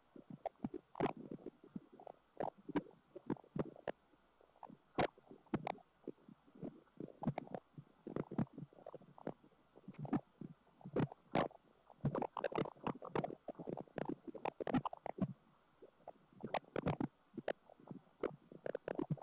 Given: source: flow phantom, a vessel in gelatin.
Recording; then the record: Doppler ultrasound of air bubbles in flowing water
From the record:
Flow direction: away from the transducer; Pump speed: 200 rpm (720 mL/min); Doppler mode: pulsed wave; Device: 7 MHz transducer